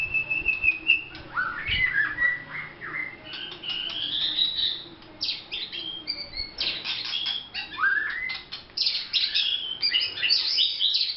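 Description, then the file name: White-rumped shama song, fast varied whistles and chattering phrases, some high and buzzy. Vietnam. "shama vietnam omkicau"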